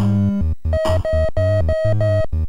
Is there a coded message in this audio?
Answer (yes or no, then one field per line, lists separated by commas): no